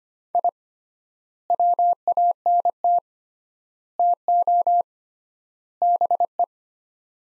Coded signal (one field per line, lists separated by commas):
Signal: Morse code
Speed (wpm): 25 wpm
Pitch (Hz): 700 Hz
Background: none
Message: I WANT TO BE